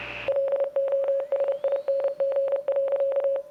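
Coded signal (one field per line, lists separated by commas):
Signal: Morse code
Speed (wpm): 29 wpm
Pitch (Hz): 550 Hz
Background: none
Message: LOSING.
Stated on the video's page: Morse heard in the game Oxenfree.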